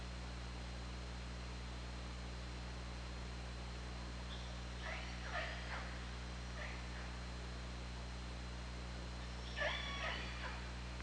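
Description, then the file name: Killer whale pulsed calls, a cluster of harmonic squeals around the middle and a stronger call toward the end, over a steady low-pitched hum. Recorded on the OrcaLab hydrophone, 24 August 2017, 21:36:46. "Orca Lab UTLN JASON 20170824 213646"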